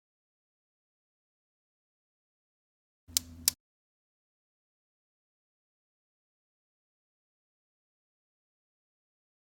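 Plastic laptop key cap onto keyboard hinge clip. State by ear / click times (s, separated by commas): seated / 3.2 s, 3.5 s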